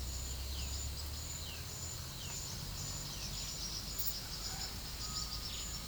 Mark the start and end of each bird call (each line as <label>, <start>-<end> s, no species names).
bird call, 0.00-5.87 s